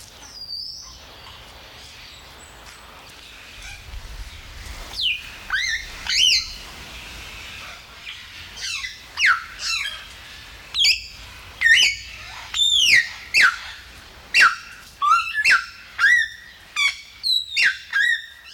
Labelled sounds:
Greater Vasa Parrot (Coracopsis vasa)

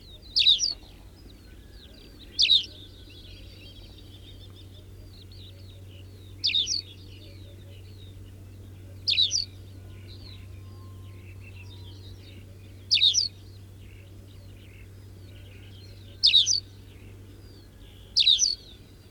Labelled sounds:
Tawny Pipit (Anthus campestris) song

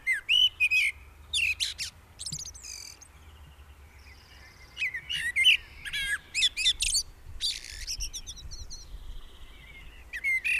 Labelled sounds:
Common Blackbird (Turdus merula) song

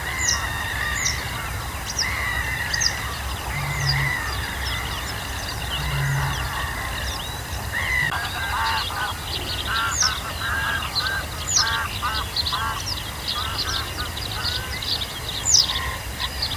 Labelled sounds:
Western Yellow Wagtail (Motacilla flava)

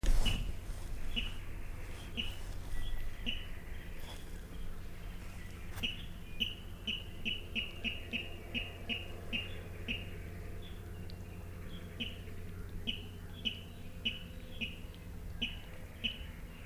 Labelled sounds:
Water Rail (Rallus aquaticus)

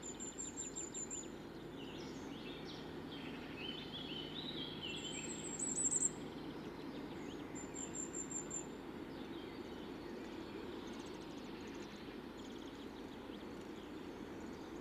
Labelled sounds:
Common Firecrest (Regulus ignicapilla) song

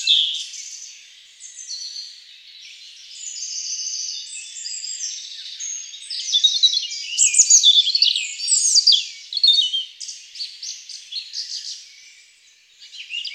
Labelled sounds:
European Robin (Erithacus rubecula) song

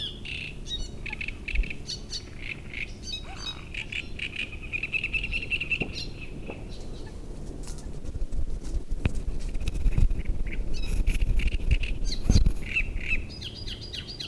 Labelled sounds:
Great Reed Warbler (Acrocephalus arundinaceus)

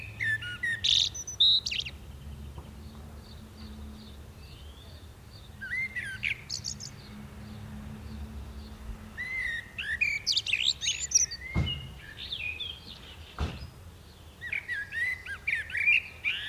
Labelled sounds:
Common Blackbird (Turdus merula) song

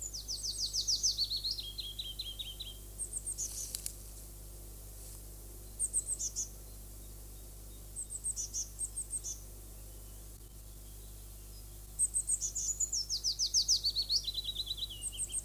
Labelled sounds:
Willow Warbler (Phylloscopus trochilus) song

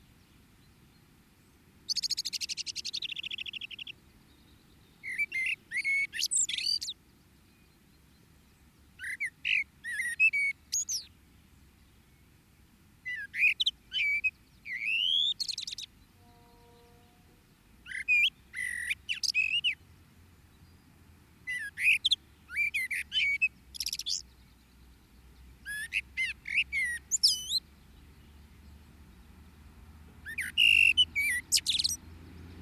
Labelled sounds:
Common Blackbird (Turdus merula) song

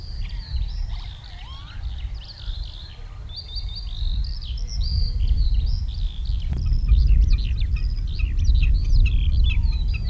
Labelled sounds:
Common Snipe (Gallinago gallinago)

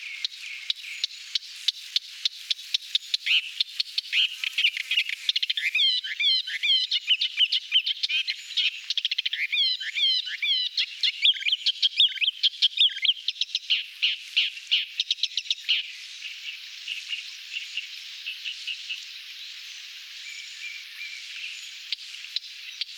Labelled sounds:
Thick-billed Warbler (Iduna aedon) song

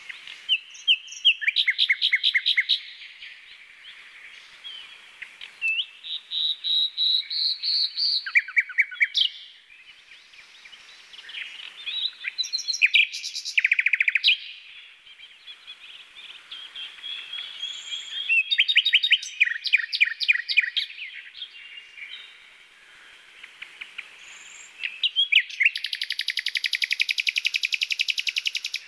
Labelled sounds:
Common Nightingale (Luscinia megarhynchos) song

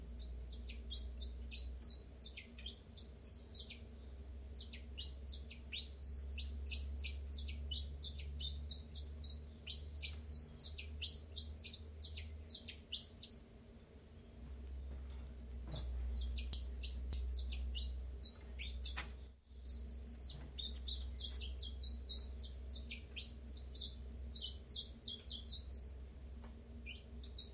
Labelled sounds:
Common Chiffchaff (Phylloscopus collybita)

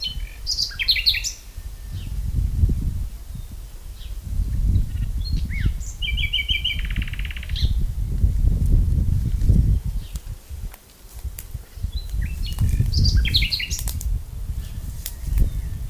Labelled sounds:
Common Nightingale (Luscinia megarhynchos) song

